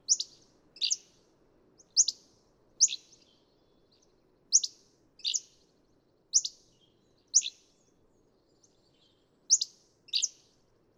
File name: Hammond's Flycatcher